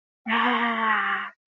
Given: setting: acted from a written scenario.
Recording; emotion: vocal sound without words; ecstasy